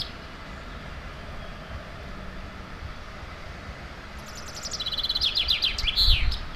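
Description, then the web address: Songbird starting a high, rapid trill of sharp notes that speeds into a jingling flourish near the end, over a steady low rumble of traffic. Native woodland bird recorded in April. "wald vogel april vogel heimisch"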